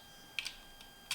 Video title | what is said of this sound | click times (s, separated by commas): Testing Repaired Pat Tester | push it in until it snaps in tight and it clips in and that's in it it does hold | 0.4 s, 1.1 s